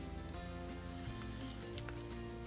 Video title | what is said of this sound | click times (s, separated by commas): ✨ Miele Dishwasher - Makes Loud Noise - DIY FIX ✨ | put the Power connector back onto the motor I'm going to push it all the way in make sure it clicks in | 1.8 s